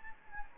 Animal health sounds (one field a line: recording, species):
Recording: mosquito wingbeat signal from an infrared sensor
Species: Anopheles gambiae